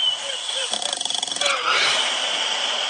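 A short burst of rapid, creaky, rattling vibration rises out of steady wave-like ocean noise, lasting under a second. It is a woman's snore during sleep, with a guttural, creaking quality, like something from the belly of an alien, heard over ocean sounds from a phone app in the background.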